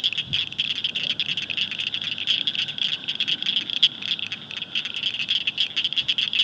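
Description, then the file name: Blanchard's cricket frog giving steady, rapid high-pitched clicks, many overlapping in a continuous rattling chorus with no other clear sounds. "acblanchardi"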